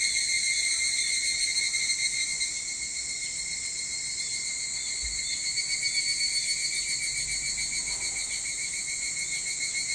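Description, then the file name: Evening cicada chorus, an insistent high shrill drone with a fast throbbing pulse, briefly softening before surging again. Recorded 22 July 2023 at 04:40. "higurashi 230722 0440"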